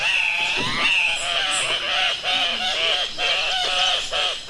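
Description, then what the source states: Andean Cock-of-the-rock lek calls: loud, nasal, squealing and grunting notes in irregular bursts, with a steady higher tone running underneath. Peruvian cock-of-the-rock, national bird of Peru, in Andean cloud forest; in the mating season groups of males gather at leks where they shout, grunt, flap their wings, nod and clash bills in mock fights.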